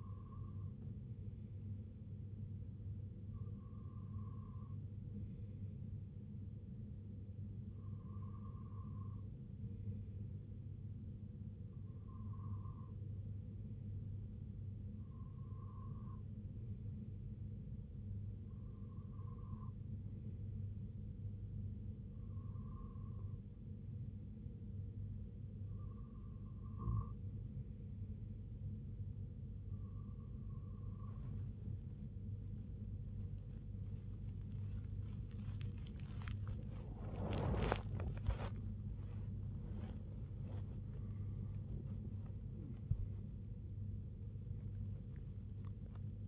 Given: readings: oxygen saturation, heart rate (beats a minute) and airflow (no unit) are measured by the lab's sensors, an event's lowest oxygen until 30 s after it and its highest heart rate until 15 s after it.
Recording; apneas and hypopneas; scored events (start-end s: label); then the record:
breathing in sleep by a smartphone at the bedside; 1
9.00-39.90 s: hypopnea (REM, oxygen 97% highest, then 94% lowest, heart rate 65 at the start, 89 highest)
26.00-46.28 s: new sleep stage, N1 (lightest sleep)
From the record:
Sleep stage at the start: REM sleep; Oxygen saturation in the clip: 95 to 97%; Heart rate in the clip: 63 to 89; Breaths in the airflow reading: 12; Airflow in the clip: -10.8 to 10.1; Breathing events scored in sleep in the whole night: 258 in 7.4 hours asleep